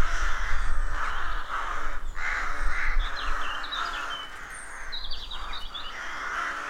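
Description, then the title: Many rooks cawing together in rough overlapping bursts, with low rumbling noise underneath and brief high twittering from other birds. Rook colony of more than 300 birds nesting in a dozen roadside trees, rural County Armagh woodland, early spring; pairs greeting and squabbling with neighbours as first chicks hatch. "Sound Escape 113: Enjoy the stirring cacophony of a rook colony"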